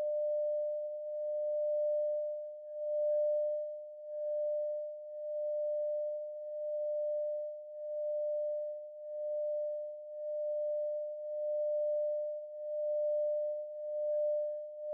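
A Tibetan singing bowl rings with a steady, pure mid-pitched tone that holds for the whole stretch without fading. Its loudness swells and dips in a slow, regular wobble, about once a second, with faint higher overtones above and no other sounds.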